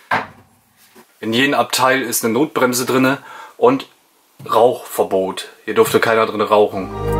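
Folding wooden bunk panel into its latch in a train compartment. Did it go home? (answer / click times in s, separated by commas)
no / none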